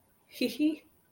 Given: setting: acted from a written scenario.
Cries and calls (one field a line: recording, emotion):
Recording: vocal sound without words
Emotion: amusement